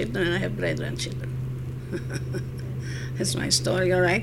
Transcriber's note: she laughs